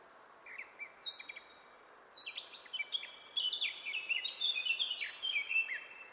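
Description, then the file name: Eurasian blackcap: quiet, hesitant chirping at first, swelling into a long, loud, varied warble of whistled notes that lasts four seconds. "Sylvia atricapilla"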